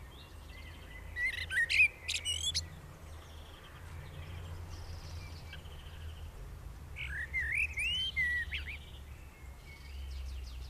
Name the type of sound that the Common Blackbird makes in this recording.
song